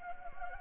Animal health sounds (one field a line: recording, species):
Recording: mosquito wingbeat signal from an infrared sensor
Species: Anopheles gambiae